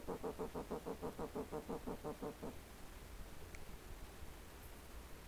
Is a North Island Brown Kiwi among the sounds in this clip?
no